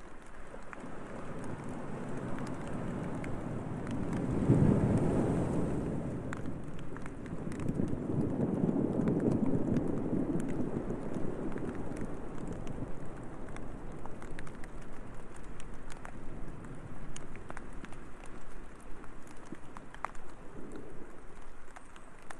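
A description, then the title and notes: Waves break over rocks by the ocean, a deep rushing wash that swells around the five-second mark and again near eight to ten seconds before settling back. Fine scattered ticks and taps of light rain run throughout above the steady low roar. Light Rain Over Ocean w/ Waves Breaking Over Rocks.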